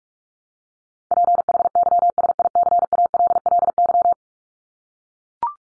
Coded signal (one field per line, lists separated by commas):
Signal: Morse code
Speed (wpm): 44 wpm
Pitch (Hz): 700 Hz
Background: none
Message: PHYSICALLY